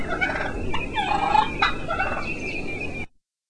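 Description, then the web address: Wild turkey purring in a soft rolling trill broken by a few sharp clucks, ending abruptly in silence after about three seconds. Wild turkey clucks and purrs. "wildlife turkey sound Cluck Purr"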